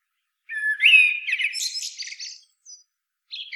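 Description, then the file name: Common blackbird song: a phrase of fluted whistles rising into a squeaky, high twittering flourish, then a short note and the start of another phrase. "Turdus merula"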